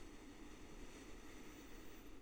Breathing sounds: one breath near a microphone; inhalation

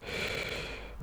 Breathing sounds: one breath near a microphone; inhalation

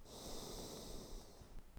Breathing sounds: one breath near a microphone; exhalation

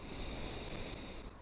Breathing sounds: one breath near a microphone; exhalation

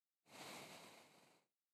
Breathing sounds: one breath near a microphone; exhalation

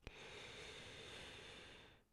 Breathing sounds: one breath near a microphone; inhalation

